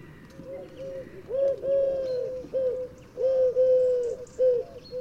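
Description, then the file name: Eurasian collared dove giving low soft coos, short note then a drawn-out middle note then a short one, repeated twice, with faint bird chirps behind. "Eurasian Collared Dove Streptopelia decaocto"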